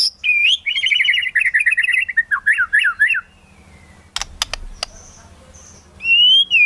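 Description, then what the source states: White-rumped shama song: a rapid warbling run of rich notes, then a few sharp clicks, a pause, and a clear rising whistle near the end. Song used as a lure for trapping.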